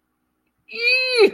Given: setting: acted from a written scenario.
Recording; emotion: vocal sound without words; anger